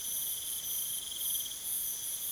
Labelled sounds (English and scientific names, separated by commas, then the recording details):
none
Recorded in pastures near Puerto Asís, Putumayo, Colombia, on 30 June 2025 at 23:30
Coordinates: 0.486, -76.323
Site H29